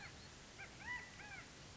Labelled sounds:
California Quail (Callipepla californica)
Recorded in Sonoma County, California

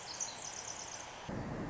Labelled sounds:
Pacific Wren (Troglodytes pacificus)
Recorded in Sonoma County, California

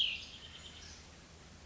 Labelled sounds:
Cassin's Vireo (Vireo cassinii)
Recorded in Sonoma County, California

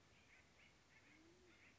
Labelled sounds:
Band-tailed Pigeon (Patagioenas fasciata)
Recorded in Sonoma County, California

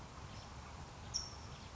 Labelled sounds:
California Towhee (Melozone crissalis)
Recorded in Sonoma County, California

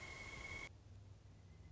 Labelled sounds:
Pileated Woodpecker (Dryocopus pileatus)
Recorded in Sonoma County, California

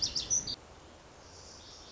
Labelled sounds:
Lazuli Bunting (Passerina amoena)
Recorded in Sonoma County, California

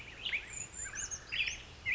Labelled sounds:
Brown Creeper (Certhia americana)
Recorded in Sonoma County, California

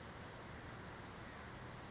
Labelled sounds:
Brown Creeper (Certhia americana)
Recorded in Sonoma County, California

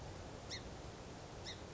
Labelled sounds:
Song Sparrow (Melospiza melodia)
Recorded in Sonoma County, California

